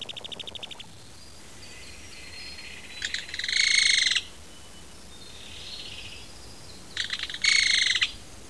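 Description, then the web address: Kingfisher rattling, a fast pulsed burst at the start, then two longer, louder grating rattles a few seconds apart, with a soft hiss between. "tenaya. kingfisher"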